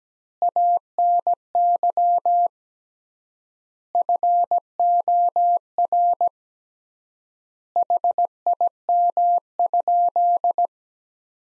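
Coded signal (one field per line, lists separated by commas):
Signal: Morse code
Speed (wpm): 17 wpm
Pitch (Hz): 700 Hz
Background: none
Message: ANY FOR HIM?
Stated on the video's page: Morse practice of sentences from the top 400 words at 17 wpm with 3x word spacing, a word-based Farnsworth-like method.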